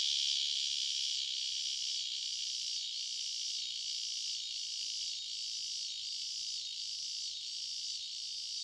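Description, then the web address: Scissor-grinder cicada song, a continuous high sizzling buzz with faint regular pulses, moderately quiet. North America. "Songs of Insects. Scissor-grinder Cicada"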